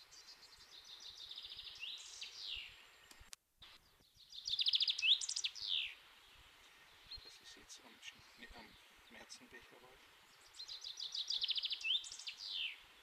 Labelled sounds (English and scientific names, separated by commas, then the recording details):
Common Chaffinch (Fringilla coelebs) song
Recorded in the wild
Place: Oberstdorf, Bayern, DE
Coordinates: 47.38, 10.2969
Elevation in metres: 881
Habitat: mountains
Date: 1977-03-25
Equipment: Nagra IV, Sennheiser MKH 405, Parabolreflektor
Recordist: Tretzel, Erwin
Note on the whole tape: Knotenblumenwald, Dietersberg, Oberstdorf: Gesang "wißbegier"